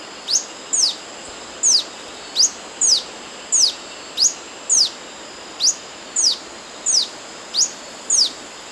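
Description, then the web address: Yellow-throated bush tanager song: clear, high notes sweeping steeply downward, repeated at short, slightly uneven intervals, over soft steady hiss. Ecuador, South America. "Natures Songs S America Birds of Ecuador. Yellow-Throated Bush-Tanager"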